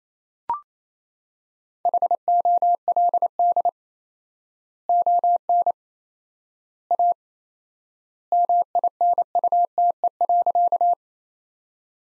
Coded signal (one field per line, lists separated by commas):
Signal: Morse code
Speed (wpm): 27 wpm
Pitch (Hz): 700 Hz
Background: none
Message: HOLD ON A MINUTE.